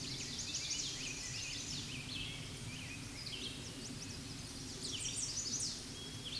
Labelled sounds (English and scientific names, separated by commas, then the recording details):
Red-eyed Vireo (Vireo olivaceus) song
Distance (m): 40 m
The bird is about 5 m above the microphone
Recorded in a Pennsylvania forest on 16 May 2024 at 07:12
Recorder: AudioMoth, point MSD-0079
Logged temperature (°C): 16.1 °C
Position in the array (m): 130 m, 51 m